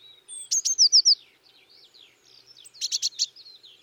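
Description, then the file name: Eurasian Blue Tit song phrase: high thin notes leading into a fast trill, followed by softer twittering and a short cluster of sharp chips. "Cyanistes caeruleus"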